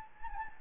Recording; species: mosquito wingbeat signal from an infrared sensor; Anopheles gambiae